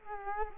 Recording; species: mosquito wingbeat signal from an infrared sensor; Culex quinquefasciatus